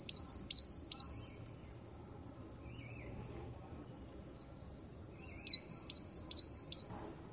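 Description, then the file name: Coal tit singing high, thin two-note phrases, several in a quick rhythmic run, then a pause of four seconds and another similar run; faint hiss in the background. "煤山雀"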